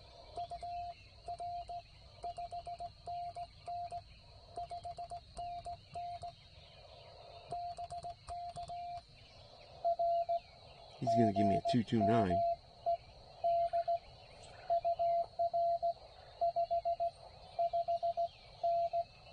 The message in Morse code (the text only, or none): UR 5NN 5NN BK R GM ED UR 55N